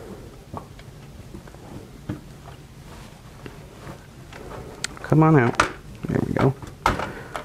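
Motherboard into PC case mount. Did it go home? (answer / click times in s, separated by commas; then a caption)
yes / 6.9 s. A motherboard is lowered onto its mount in a PC case while someone talks, with light knocks and handling sounds throughout. At 6.9 seconds it locks into place with a sharp click, as this case locks the motherboard in, and it is seated.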